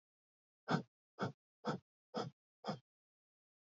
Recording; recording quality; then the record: shallow breathing; excellent, no background noise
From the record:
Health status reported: exposed to COVID-19, no respiratory illness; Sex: male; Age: 27 years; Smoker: yes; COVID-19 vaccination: both doses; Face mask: not worn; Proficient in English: yes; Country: India